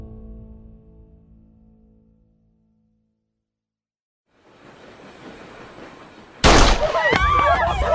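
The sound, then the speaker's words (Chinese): In an audio drama, a low droning tone fades to silence, then a rough hiss builds until a single sharp, loud gunshot cracks out inside a train carriage, followed by sustained loud noise threaded with high, wavering tones. “枪声响起的瞬间，林叔几乎同时弯腰躲下，他已经顾不上陈文栋会不会对自己开枪了。”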